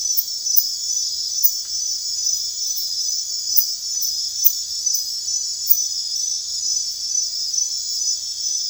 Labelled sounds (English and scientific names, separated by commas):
none